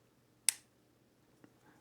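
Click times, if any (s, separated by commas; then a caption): 0.5 s. The side door latch of a minimalist, side-loading metal cage for a DJI Osmo Action camera is closed after the camera is slid in. It gives one sharp, bright click at 0.5 s, followed only by a much fainter soft tap at about 1.4 s. The click means the camera is seated and secure in the cage with no rattling.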